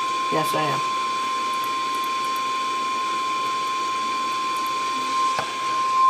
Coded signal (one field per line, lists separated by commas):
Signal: Emergency Alert System (SAME) tones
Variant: 1050 Hz attention tone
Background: speech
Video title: 12-25-12: [EAS #695] PDS Tornado Watch 695